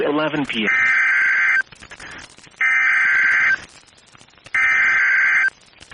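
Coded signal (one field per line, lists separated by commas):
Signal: Emergency Alert System (SAME) tones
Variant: header bursts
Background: speech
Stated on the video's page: Received via online NOAA Weather Radio stream.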